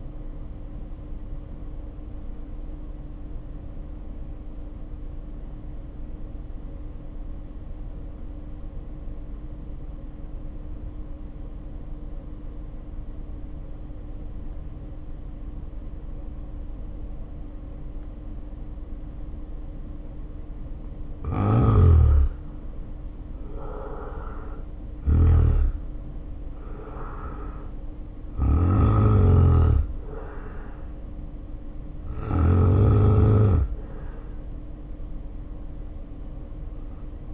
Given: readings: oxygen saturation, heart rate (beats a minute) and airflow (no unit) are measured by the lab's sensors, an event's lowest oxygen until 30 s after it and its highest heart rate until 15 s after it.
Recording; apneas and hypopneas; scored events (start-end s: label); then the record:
breathing in sleep by a smartphone at the bedside; 1
6.00-22.50 s: hypopnea (N1, oxygen 95% highest, then 77% lowest, heart rate 55 at the start, 69 highest)
From the record:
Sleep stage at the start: N1 (lightest sleep); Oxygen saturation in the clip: 77 to 95%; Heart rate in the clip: 49 to 69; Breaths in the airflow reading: 12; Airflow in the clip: -1.1 to 1.1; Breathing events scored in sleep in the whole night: 520 in 7.2 hours asleep